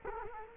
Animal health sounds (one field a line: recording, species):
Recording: mosquito wingbeat signal from an infrared sensor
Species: Culex quinquefasciatus